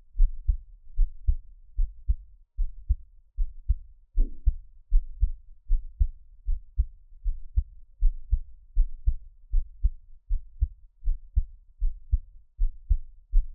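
Steady, regular low thumps at about 78 beats a minute run throughout, each beat a soft lub-dub pair. This is a resting adult heartbeat in a quiet room, with one brief higher rustle near the four-second mark.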